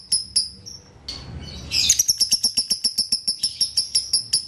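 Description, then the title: Lovebird song: a few sharp high chips, a short pause, then a fast steady series of bright clicking chirps. Training recording for tutoring lovebirds; song style called konslet. "Masteran Lovebird Konslet"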